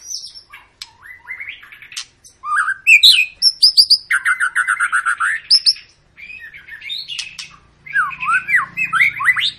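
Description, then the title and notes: White-rumped shama song with loud rapid chattering notes, whistled upslurs and varied phrases in quick succession. Long, lively lure song of a white-rumped shama, used to prompt other birds to sing. "Pancingan Murai Batu Gacor Panjang. muraiku"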